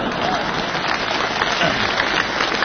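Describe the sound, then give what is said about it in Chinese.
Steady, dense applause from an audience, a loud wash of many hands clapping at once that holds evenly throughout, with no voices standing out. “朋友们， 这鼓掌的，这都是非常了解情况的。”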